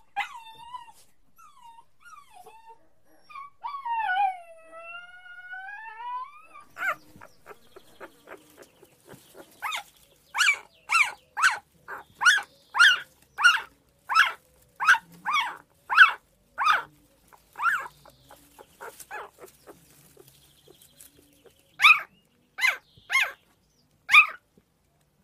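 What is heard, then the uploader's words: Puppies cry and whimper, opening with wavering, rising whines in the first seven seconds. A rapid run of short, sharp yelps follows from about ten to nineteen seconds, then pauses before a final burst of yelping near twenty-two seconds. Puppies Crying.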